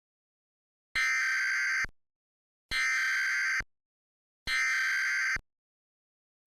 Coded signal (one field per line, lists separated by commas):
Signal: Emergency Alert System (SAME) tones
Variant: header bursts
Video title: Perpetual Motion - Part 2 (EAS Scenario)